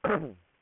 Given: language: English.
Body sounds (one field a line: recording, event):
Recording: throat vibration sensor signal played as sound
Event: throat clearing